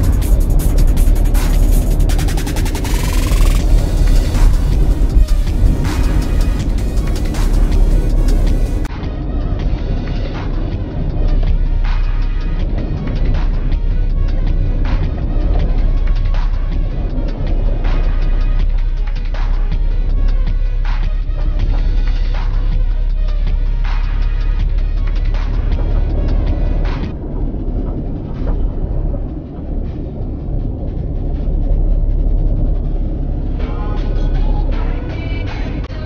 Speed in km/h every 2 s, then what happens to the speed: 29, 31, 31, 29, 29, 26, 24, 26, 27, 26, 27, 29, 29, 31, 29, 29, 27, 27.
0-36 steady at about 29.